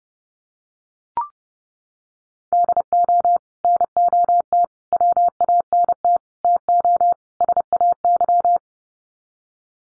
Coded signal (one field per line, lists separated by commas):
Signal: Morse code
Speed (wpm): 30 wpm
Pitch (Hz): 700 Hz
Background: none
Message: DO NOT WANT TO SAY